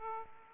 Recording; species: mosquito wingbeat signal from an infrared sensor; Aedes aegypti